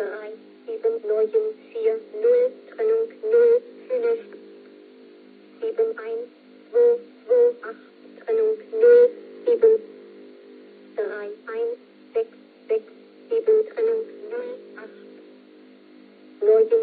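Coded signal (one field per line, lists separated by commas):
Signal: numbers station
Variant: G08, German female voice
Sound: female voice reading short words at a steady, evenly spaced pace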